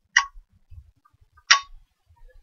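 After oiling, a trumpet piston valve is put back in its casing and twisted until its guide clicks into the slot. Two sharp clicks are heard at 0.2 s and 1.5 s, with faint low rustling between them. The valve is seated back where it should be.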